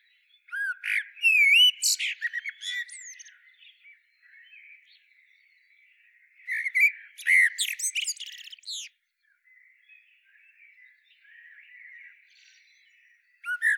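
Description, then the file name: Eurasian blackbird singing two phrases about six seconds apart, each a low fluted warble running into shrill twittering squeaks, with faint birdsong between. "Turdus merula"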